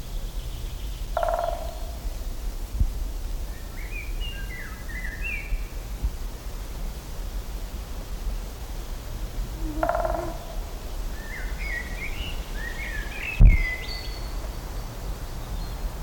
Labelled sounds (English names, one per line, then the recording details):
Great Spotted Woodpecker drumming
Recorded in the wild
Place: Liepnitzsee, Brandenburg, DE
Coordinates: 52.75, 13.51
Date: 1995-05-06 19:02
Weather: heiter, 20°C, böiger Wind
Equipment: Marantz CP 430, Sennheiser ME 80, Kopie Uher 4000 Report Monitor
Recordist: Tembrock, Günter